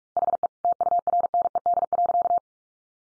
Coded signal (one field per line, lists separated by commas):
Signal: Morse code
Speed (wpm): 44 wpm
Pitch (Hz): 700 Hz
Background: none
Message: HE TURNED.